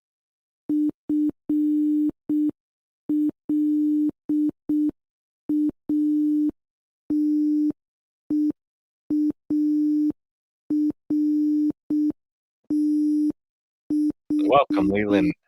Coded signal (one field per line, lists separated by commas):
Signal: Morse code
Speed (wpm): 6 wpm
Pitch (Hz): 300 Hz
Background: speech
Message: FLAT EARTH